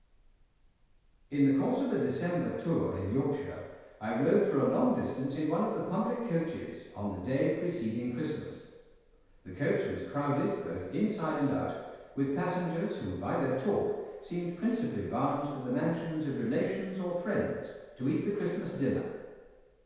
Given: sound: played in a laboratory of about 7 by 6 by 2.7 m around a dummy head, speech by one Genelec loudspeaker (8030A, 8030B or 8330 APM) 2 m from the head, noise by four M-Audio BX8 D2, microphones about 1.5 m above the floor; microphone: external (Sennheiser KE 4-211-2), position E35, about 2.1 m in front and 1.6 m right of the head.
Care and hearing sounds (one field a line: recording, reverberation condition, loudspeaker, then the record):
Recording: male speech in English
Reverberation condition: high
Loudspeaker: 150 degrees to the right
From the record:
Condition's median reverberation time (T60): about 1300 ms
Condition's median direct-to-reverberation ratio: about -4.0 dB